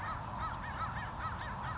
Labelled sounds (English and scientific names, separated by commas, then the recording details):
American Crow (Corvus brachyrhynchos)
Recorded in Sonoma County, California